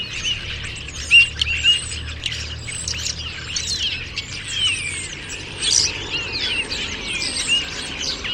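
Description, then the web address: Bird chorus of many overlapping high chirps and twittering notes, with a couple of short, sharp whistles standing out early on and a faint low hum beneath. "Deverinetal 2025. Bird Only"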